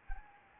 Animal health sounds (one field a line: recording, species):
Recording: mosquito wingbeat signal from an infrared sensor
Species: Anopheles gambiae